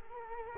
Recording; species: mosquito wingbeat signal from an infrared sensor; Culex quinquefasciatus